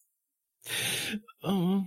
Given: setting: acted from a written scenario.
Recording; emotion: vocal sound without words; guilt